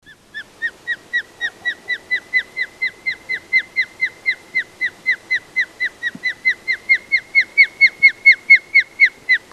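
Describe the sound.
Bird calling, a rapid, steady series of many short downslurred whistled notes.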